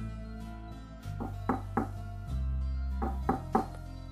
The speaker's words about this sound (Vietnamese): Hà quản gia gõ cửa phòng.